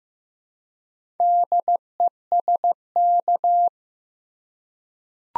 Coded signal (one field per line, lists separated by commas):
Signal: Morse code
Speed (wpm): 15 wpm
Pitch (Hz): 700 Hz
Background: none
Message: DESK